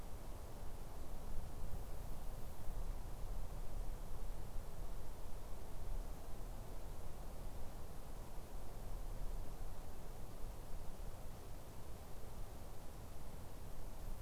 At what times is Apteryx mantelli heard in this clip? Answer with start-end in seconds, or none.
none